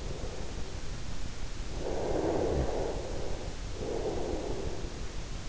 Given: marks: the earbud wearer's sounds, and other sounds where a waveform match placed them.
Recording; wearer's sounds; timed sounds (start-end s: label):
sounds in sleep by an in-ear microphone; snoring breath
1.70-4.91 s: snoring breath